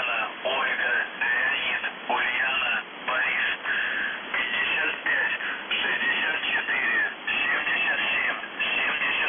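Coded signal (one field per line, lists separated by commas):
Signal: numbers station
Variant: UVB-76, Russian voice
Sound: a male voice reading a message over a noisy shortwave channel, with short pauses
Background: radio static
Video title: The Buzzer/UVB-76(4625Khz) May 3, 2021 13:04UTC Voice message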